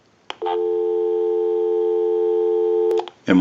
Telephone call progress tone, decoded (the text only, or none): dial tone